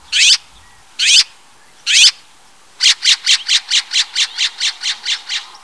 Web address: Heartland scrjay